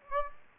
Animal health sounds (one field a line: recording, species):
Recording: mosquito wingbeat signal from an infrared sensor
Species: Aedes aegypti